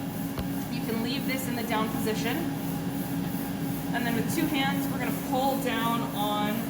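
Someone talks over a steady low hum while the operator gets ready to pull the heavy shielded lid of a Bruker D2 Phaser X-ray diffractometer down onto its housing with two hands, with one brief sharp sound near 0.4 s. The clip ends before the lid goes home, so the latch has not yet clicked into place.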